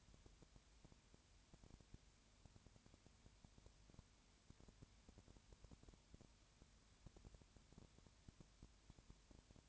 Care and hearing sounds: daily activity, microphone in the room; no activity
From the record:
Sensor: 2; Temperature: 20.4 degrees Celsius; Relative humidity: 35.6%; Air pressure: 1007.1 hPa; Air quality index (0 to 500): 122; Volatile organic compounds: 2 ppm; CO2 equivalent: 1253 ppm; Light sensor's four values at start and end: 2/3/2/2 and 2/3/2/2

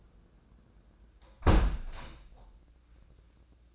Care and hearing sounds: daily activity, microphone in the room; close window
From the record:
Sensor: 2

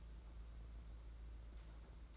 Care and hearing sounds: daily activity, microphone in the room; take from stove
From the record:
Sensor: 3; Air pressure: 991.9 hPa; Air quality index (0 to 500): 227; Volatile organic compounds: 1000 ppm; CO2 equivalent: 7807 ppm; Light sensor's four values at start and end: 26/76/31/26 and 26/76/31/26

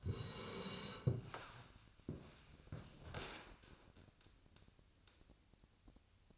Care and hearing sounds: daily activity, microphone in the room; sit down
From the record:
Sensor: 2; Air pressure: 1000.3 hPa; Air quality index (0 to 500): 166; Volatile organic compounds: 3 ppm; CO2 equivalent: 1385 ppm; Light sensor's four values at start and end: 8/17/8/8 and 8/19/8/9

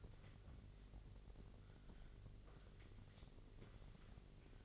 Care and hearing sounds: daily activity, microphone in the room; wipe stove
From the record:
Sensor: 4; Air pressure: 1002.4 hPa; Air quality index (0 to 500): 215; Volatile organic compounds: 11 ppm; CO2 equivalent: 2323 ppm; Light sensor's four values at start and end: 19/67/24/24 and 19/67/24/24

